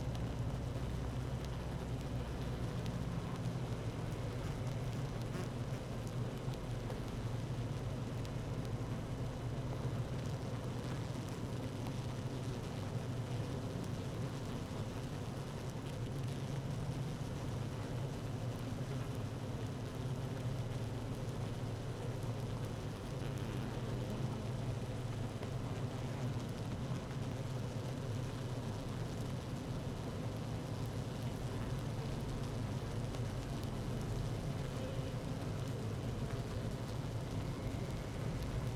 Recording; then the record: honeybee colony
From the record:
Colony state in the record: active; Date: 12 June 2018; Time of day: 15:26